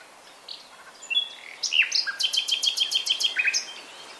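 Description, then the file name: Common nightingale song building from soft notes into a rapid series of loud, repeated ringing strokes. "Luscinia megarhynchos"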